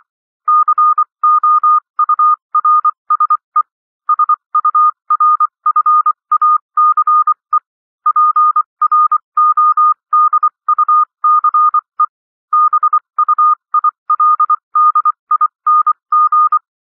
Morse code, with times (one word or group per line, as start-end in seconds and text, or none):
0.5-3.6 COURSE
4.1-7.6 SURFACE
8.1-12.1 PRODUCE
12.5-16.6 BUILDING